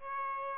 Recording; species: mosquito wingbeat signal from an infrared sensor; Aedes albopictus